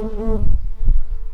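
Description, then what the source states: Early bumblebee buzzing with a steady low hum, which briefly breaks into rougher rumbling before settling back into an even tone. Worker bumblebees.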